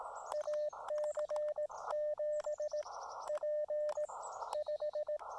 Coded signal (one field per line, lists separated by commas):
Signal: Morse code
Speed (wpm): 18 wpm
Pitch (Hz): 590 Hz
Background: none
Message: AC7P 5